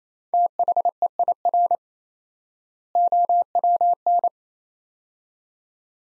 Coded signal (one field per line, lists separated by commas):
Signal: Morse code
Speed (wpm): 28 wpm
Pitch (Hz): 700 Hz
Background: none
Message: THEIR OWN